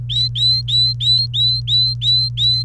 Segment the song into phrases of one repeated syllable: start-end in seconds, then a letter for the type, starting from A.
0.09-2.65 A